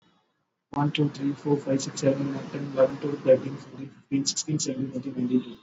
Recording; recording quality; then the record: counting at a fast pace; moderate, slight background noise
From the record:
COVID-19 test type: RT-PCR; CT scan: not taken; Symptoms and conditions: cough, cold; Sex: male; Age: 20 years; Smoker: no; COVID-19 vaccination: both doses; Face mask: worn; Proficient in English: yes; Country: India